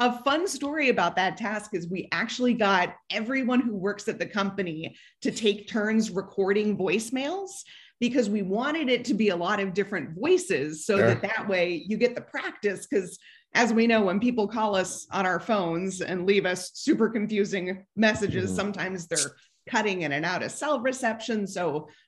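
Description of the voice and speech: A woman speaks fluently at a steady, conversational pace, with a clear voice and no hesitations or slurring: typical adult speech.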